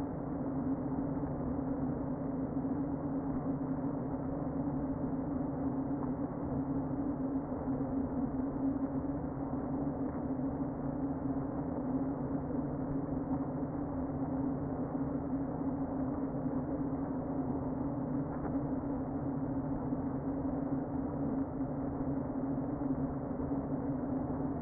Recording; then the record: honeybee colony, microphone inside the hive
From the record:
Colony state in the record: queen present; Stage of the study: before two queens were removed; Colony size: about 60,000 bees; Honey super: yes